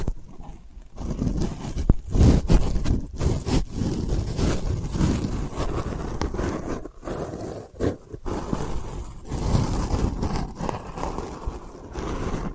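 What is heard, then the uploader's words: Delicate scratching runs through the whole stretch as a dense, uneven rasp, with short bursts and brief pauses around 1, 7 and 8 seconds. Low rumbling thumps sit underneath, strongest near 2 seconds, while a faint hiss lingers in the high end. ASMR Delicate Scratching for Sleep (No Talking).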